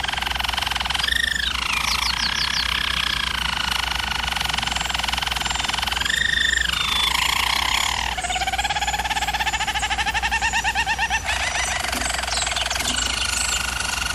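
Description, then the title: German Roller canary song: rising and falling rolled phrases, swooping tours and fast trills flowing without pause, with a constant low hum beneath. German Roller canary singing, used for canary song training. "German Roller Canary Singing - Canary Training Vid"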